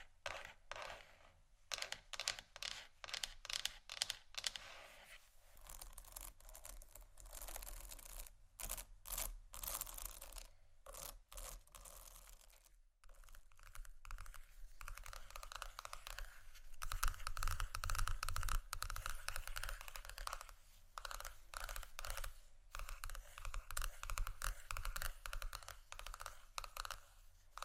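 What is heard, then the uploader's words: Scratchy tapping and scraping in quick irregular bursts, sparse at first, then denser and brighter with brief pauses. ASMR Scratchy Tapping For Sleep & Study （No Talking）.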